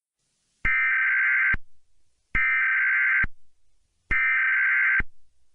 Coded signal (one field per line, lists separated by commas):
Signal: Emergency Alert System (SAME) tones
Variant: header bursts